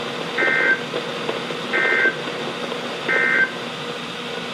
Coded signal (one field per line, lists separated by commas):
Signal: Emergency Alert System (SAME) tones